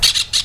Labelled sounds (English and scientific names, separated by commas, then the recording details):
Brown-throated Parakeet (Eupsittula pertinax) contact call
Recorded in Venezuela
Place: Cerro Saroche, Hato Dalmatela, Edo. Lara
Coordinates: 10.149, -69.534